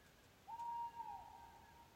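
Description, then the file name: Owl call: a long, even whistled tone starting abruptly and held to the end, with a brief dip midway. Recorded at Finnskogen, Norway. "ugle finnskogen"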